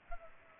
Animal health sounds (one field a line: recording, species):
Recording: mosquito wingbeat signal from an infrared sensor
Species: Culex pipiens